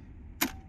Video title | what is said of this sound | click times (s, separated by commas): Hikerboy Foxtrot plus , la trottinette electrique connectée | Et là, on vient clipser. | 0.4 s